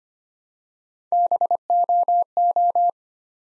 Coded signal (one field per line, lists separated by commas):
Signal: Morse code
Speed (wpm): 25 wpm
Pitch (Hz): 700 Hz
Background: none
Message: BOO